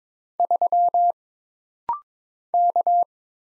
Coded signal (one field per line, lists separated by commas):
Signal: Morse code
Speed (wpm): 22 wpm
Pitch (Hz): 700 Hz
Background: none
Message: 3 K